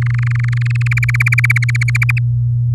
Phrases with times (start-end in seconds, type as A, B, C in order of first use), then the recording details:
0.02-0.77 A, 0.81-2.19 B. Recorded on 4 May 2018 at 06:27. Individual llb16